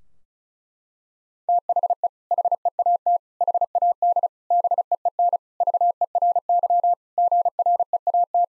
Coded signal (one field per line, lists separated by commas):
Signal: Morse code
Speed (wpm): 36 wpm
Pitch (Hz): 700 Hz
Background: none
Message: THE HEAT HAD BEEN VERY GREAT